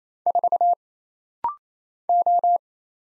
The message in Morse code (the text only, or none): 4 O